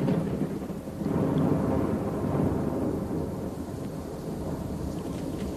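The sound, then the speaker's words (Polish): A deep, sustained roll of thunder rumbles through a storm, swelling after the first second and slowly fading, with a steady wash of rain hissing underneath and no voices. “Gdy uderzy w twój dom, będzie z tobą koniec. Gdy zniszczy ci zboże, będziesz głodował.”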